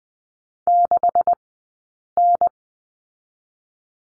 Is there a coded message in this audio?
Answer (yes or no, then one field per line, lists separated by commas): yes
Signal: Morse code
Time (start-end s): 0.7-2.5 s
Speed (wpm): 20 wpm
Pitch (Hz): 700 Hz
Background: none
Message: 6N